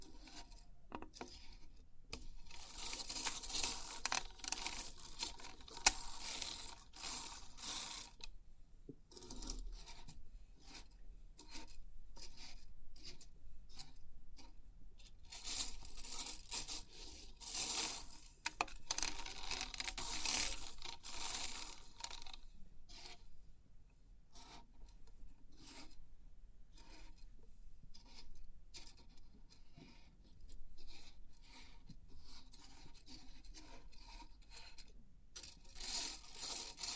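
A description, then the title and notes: Pin art being pressed and pushed, making crisp, dense rattling and rubbing sounds full of tiny clicking pins. Bright bursts swell around 3–7, 15–22 seconds, with quieter stretches of scattered taps and light scraping between them, and a soft low rumble underneath. Crisp 3D Pin Art Tingles(No Talking).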